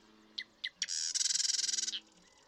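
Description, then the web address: Marsh Wren song: two or three clicking introductory notes leading into a fast, buzzy, pulsing rattle of about a second. "birdsongforthecurious Marsh Wren"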